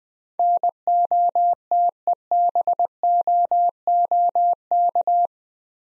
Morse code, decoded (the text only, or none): NOTEBOOK